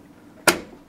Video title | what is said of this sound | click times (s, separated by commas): Basic PC Assembly/Build Tutorial Part 2 | there's a click now take | 0.5 s